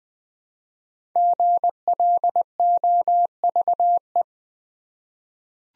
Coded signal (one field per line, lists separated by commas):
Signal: Morse code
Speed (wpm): 20 wpm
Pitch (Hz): 700 Hz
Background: none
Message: GLOVE